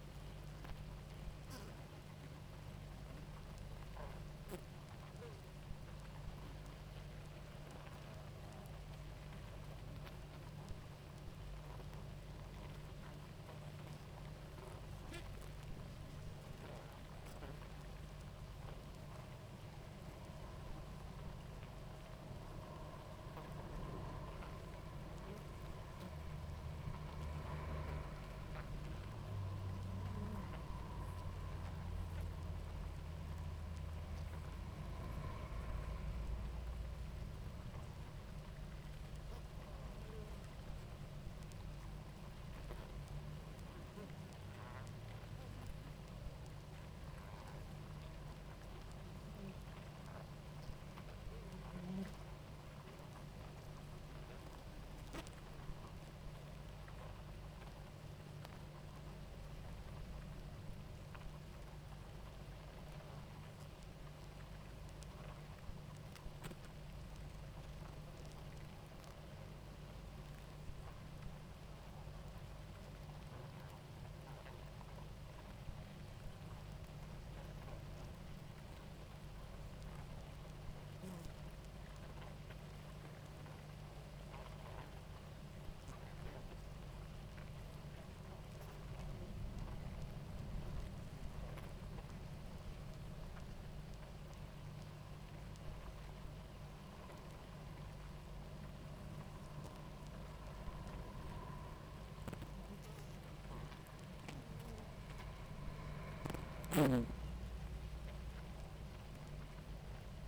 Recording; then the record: honeybee colony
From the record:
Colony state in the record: active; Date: 28 July 2017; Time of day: 18:23